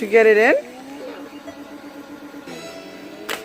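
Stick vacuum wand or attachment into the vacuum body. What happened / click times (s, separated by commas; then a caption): The part is being handled and is not yet confirmed home / none. A plastic part, likely the wand or an attachment, is pushed into the body of a Shark Rocket stick vacuum. Someone talks at the start, followed by a low steady hum and a brief sharp sound near 3.3 s. Nothing has seated or clicked yet.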